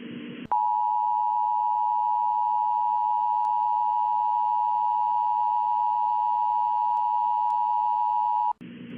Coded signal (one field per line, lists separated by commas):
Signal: Emergency Alert System (SAME) tones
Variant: 853 and 960 Hz attention tone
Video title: EAS During Captain Jake and the Neverland Pirates Disney Junior (5-16-21 UK)